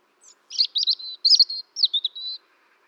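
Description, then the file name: European robin delivering a brief warbled phrase of clustered sweet, high notes with a couple of short pauses, ending on a thin sustained whistle. "Erithacus rubecula"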